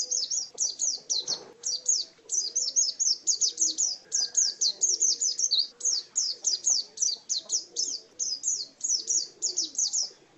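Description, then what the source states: White-eye singing a dense, high-pitched run of quick twittering notes that pours on almost without pause, with faint low sounds underneath. Indonesian local name pleci; song style called ngalas.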